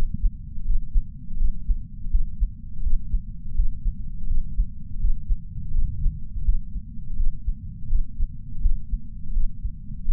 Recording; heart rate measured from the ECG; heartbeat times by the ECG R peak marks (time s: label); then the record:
heart sounds by patch sensor on the chest; 83 bpm
0.65 s: heartbeat
1.38 s: heartbeat
2.11 s: heartbeat
2.83 s: heartbeat
3.55 s: heartbeat
4.27 s: heartbeat
5.00 s: heartbeat
5.72 s: heartbeat
6.45 s: heartbeat
7.17 s: heartbeat
7.88 s: heartbeat
8.61 s: heartbeat
9.33 s: heartbeat
10.05 s: heartbeat
From the record:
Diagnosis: coronary artery disease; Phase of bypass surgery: postoperative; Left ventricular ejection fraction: 56.8%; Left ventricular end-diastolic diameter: 44 mm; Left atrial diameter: 32 mm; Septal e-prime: 5.7 cm/s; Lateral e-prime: 6.1 cm/s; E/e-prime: 10.2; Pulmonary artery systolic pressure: 32 mmHg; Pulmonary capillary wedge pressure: 12 mmHg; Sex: male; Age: 65 years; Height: 165 cm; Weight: 60 kg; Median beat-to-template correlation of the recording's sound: 0.87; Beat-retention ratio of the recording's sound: 1.00